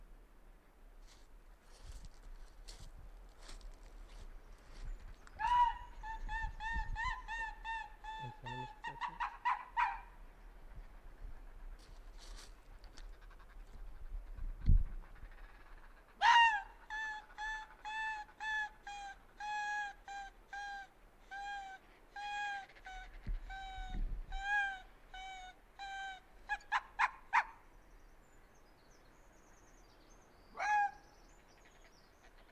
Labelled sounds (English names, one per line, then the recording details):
Arctic Fox call
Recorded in the wild
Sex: male
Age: adult
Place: Insel Mednyi, Kommandeur-Inseln, RU
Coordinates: 54.5167, 168.083
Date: 1999-07-16 11:48
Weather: Hochnebel, 7,3°C, am Strand klare Sicht, kein Wind
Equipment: Sony WM-D6C, Sennheiser ME 80, Schalter I, Windkorb, Kopie Tascam DA 30
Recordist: Frommolt, Karl-Heinz